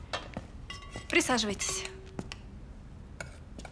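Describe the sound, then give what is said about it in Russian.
A plate of food is set down on a kitchen table with a clatter of dishes, a few bright clinks and a short ringing tone, followed by soft scattered taps as things settle. “Она ставит на стол еду в тарелке.”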